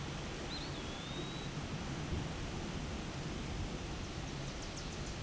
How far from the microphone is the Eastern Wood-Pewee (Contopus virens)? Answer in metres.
about 60 m